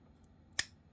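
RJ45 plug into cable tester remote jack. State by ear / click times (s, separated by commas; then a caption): seated / 0.6 s. A second Cable Matters Cat 6 RJ45 plug on a short test wire is pushed into the jack of a cable tester's remote unit. Against a quiet background, a single sharp, loud click rings out at 0.6 s, bright across the full high range and fading within about a tenth of a second. The plug seats fully.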